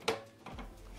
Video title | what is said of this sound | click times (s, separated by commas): HP Deskjet 4120e, 4100e Series Unboxing, Install Ink cartridge, WIFI Setup, Print, Load Paper Review | push it upwards and you hear a click | 0.1 s